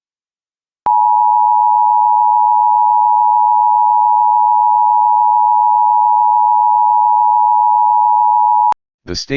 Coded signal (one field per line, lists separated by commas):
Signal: Emergency Alert System (SAME) tones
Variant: 853 and 960 Hz attention tone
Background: speech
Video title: EAS Blue Alert Bibb County, Alabama Statewide Emergency Alert (Officers Shot by Suspect)